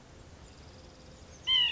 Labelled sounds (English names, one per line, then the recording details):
White-breasted Nuthatch
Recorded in Sonoma County, California